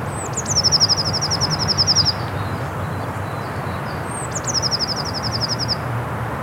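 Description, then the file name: Eurasian blue tit song, two high phrases about four seconds apart, each a few thin opening notes followed by a rapid even trill, with low background rumble throughout. "Cyanistes caeruleus"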